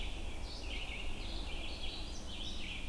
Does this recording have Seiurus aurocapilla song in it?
no